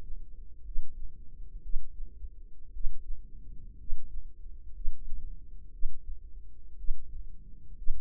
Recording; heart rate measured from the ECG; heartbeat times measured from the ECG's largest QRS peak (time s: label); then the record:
heart sounds by microphone in the left ear; 59 bpm
0.63 s: heartbeat
1.61 s: heartbeat
2.71 s: heartbeat
3.76 s: heartbeat
4.72 s: heartbeat
5.70 s: heartbeat
6.75 s: heartbeat
7.74 s: heartbeat
From the record:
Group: healthy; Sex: female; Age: 36 years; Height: 163 cm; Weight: 88 kg